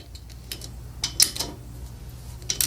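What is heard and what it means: A cylinder head bolt is snugged into the block of the Tecumseh 6 hp engine on a vintage 1960s Sears Custom Lawn Tractor, turned just enough to get a torque reading without fully torquing the gasket. Faint ticks and clicks sound around 0.5 s and between 1.0 and 1.4 s. A sharp click comes at 2.5 s, followed by a quick cluster of clicks to the end, as the bolt's thread strips in the block.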